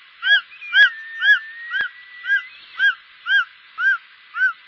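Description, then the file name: Short-toed snake eagle repeating a clear, ringing note about twice a second, nine times, with faint hiss behind. "circaete jlb"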